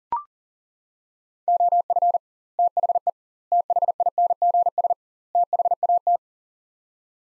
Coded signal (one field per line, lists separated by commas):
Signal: Morse code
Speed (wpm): 40 wpm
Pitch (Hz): 700 Hz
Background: none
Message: OF THE THINGS THAT